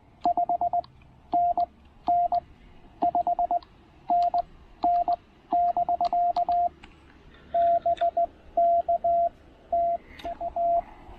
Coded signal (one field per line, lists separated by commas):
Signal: Morse code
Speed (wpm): 19 wpm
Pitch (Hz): 690 Hz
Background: radio noise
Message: 5NN 5NN <BK> BK TT